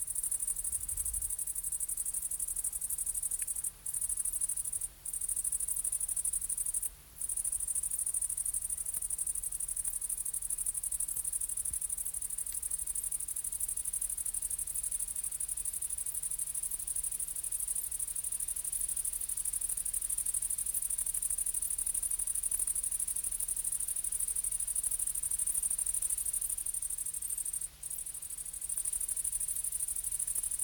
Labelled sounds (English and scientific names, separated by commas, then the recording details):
Upland Field Grasshopper (Chorthippus apricarius) stridulation
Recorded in the wild
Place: Treuchtlingen, Heumöderntal, Bayern, DE
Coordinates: 48.96, 10.91
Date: 1993-09-02
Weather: 18°C
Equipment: Marantz CP 430, Sennheiser MKH 416 T, Kopie Uher Variocord 263
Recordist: Tembrock, Günter